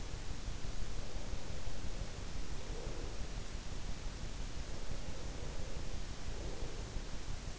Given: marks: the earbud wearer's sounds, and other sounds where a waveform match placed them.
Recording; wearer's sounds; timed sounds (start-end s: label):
sounds in sleep by an in-ear microphone; breath
0.89-3.31 s: breath
4.64-7.03 s: breath